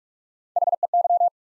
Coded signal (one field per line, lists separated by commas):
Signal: Morse code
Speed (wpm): 44 wpm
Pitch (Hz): 700 Hz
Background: none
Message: HEY